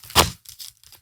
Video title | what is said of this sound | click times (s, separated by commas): HRT Tactical Gear RAC Plate Carrier System Review - FULL Tactical Paramedic Perspective | So there is a click to it. It pops in there, and I don't have to worry about this | 0.7 s